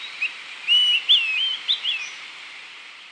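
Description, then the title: Bird singing a fast run of twittering, whistled notes that rise and fall, then stops, leaving a steady background hiss. "LuckyPassaro Completos2Sama"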